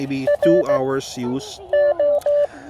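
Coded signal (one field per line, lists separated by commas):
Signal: Morse code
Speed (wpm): 16 wpm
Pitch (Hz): 580 Hz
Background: speech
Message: R O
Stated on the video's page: Portable HF go-kit using a USDR+ transceiver and a QRPguys end-fed half-wave antenna.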